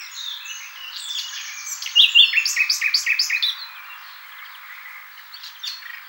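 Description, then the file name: Common nightingale song: a rich, varied phrase of sharp repeated notes and chirps, building into a loud rapid series near the middle before trailing off into softer twitters. "Luscinia megarhynchos"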